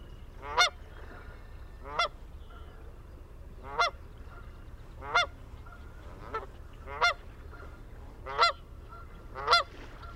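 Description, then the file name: Canada goose giving repeated nasal honks, about eight spread unevenly throughout, some fainter than others, with a low background hum. A family of Canada geese, recorded on 22 June 2001. "2001-06-22 Canada Goose Family"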